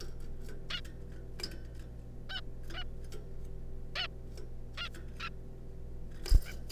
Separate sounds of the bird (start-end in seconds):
0.70-0.81, 2.30-2.40, 2.74-2.84, 3.96-4.07, 4.78-4.89, 5.20-5.29, 6.46-6.53